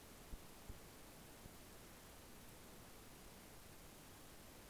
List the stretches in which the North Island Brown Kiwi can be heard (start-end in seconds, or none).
none